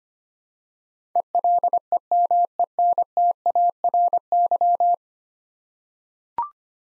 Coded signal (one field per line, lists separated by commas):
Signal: Morse code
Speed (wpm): 25 wpm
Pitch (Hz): 700 Hz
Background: none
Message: ELEMENTARY